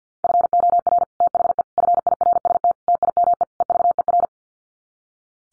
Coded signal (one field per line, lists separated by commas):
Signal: Morse code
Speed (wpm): 50 wpm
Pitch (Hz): 700 Hz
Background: none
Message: FOR THE FIRST TIME EVER